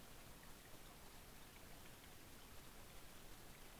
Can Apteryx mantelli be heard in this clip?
no